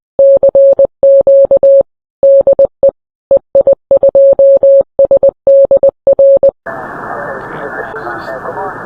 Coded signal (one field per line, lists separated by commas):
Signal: Morse code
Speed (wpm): 20 wpm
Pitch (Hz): 550 Hz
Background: speech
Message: CQ DE EI2SDR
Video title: Live South Dublin Radio Club 40m 7123Mhz Net